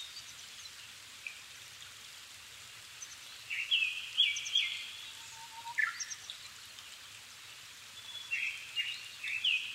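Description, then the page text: Japanese thrush song: rich whistled phrases with quick trills and slurred notes, given in several separate bursts against a steady rushing background noise. Japan, altitude 270 m; 7 May 2011 at 17:59, evening; recorded with Sony PCM-D50 and Panasonic WM-61A mic. "kurotugumi 20110507-1759. Turdus cardis [Sounds -Nikko Today-]. 5/ 7 2011, 17:59"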